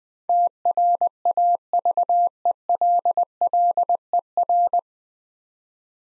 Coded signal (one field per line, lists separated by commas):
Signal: Morse code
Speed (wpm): 20 wpm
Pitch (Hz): 700 Hz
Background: none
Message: TRAVELLER